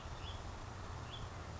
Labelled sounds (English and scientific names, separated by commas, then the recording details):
House Finch (Haemorhous mexicanus)
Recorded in Sonoma County, California